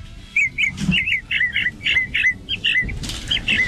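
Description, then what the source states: Mockingbird song: a rapid series of short, varied chirps and whistled notes. Recorded on a Sunday with a recorder; described as an American bird of the northern hemisphere, named Mimus for its mimicry, related to the calandria.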